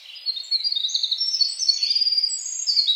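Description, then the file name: Winter wren singing a continuous, bubbling stream of very high, fast trills and warbles throughout. Rib Mountain State Park, 3 July 2021. "Winter Wren Rib Mountain SP"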